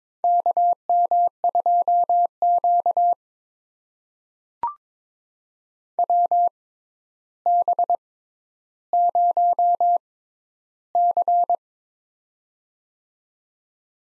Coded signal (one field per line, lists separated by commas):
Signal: Morse code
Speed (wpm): 22 wpm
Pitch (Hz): 700 Hz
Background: none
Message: KM2Q WB0C